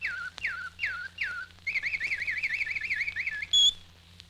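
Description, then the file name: Bird giving four falling whistles about every 0.4 seconds, then a rapid wavering warble and one sharp high note, over a low steady hum. "G 21-04-Whistling Birds"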